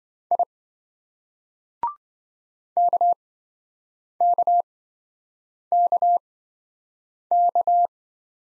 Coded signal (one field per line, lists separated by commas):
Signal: Morse code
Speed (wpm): 25 wpm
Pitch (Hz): 700 Hz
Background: none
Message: I KKKK